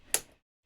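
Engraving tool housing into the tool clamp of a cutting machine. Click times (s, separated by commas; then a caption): 0.1 s. An engraving tool's quick swap housing, fitted with its tip, is placed into clamp B of a cutting machine. The clamp closes with a sharp snap at 0.1 seconds that fades out over a short decay. The tool housing is seated in the clamp, and a faint sound begins near the end of the clip.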